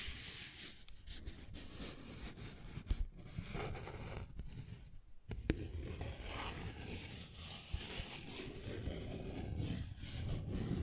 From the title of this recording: Paper Bag Tapping and Scratching Sounds